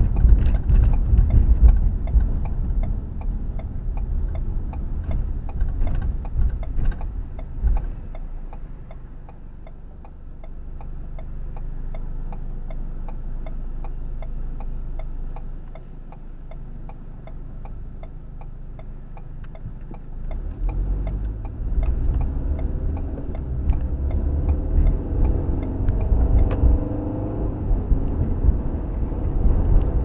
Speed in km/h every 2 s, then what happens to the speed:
29, 26, 16, 3, 0, 0, 0, 0, 2, 3, 15, 24, 34, 42, 48.
0-7 brakes to 0. 7-17 standing. 17-30 pulls away to 48.